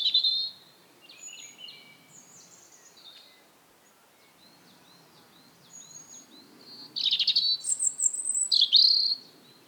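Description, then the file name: European robin singing: a loud thin warble, a long pause filled with quiet high wisps, then a burst of sharp, tumbling high notes and trills near the end. "Erithacus rubecula"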